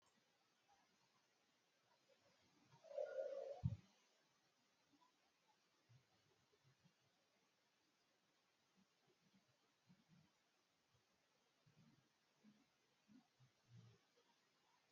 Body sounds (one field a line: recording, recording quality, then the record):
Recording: deep breathing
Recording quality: moderate, slight background noise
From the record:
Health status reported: healthy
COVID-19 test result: negative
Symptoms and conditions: none ticked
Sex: female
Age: 37 years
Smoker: yes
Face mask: not worn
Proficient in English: yes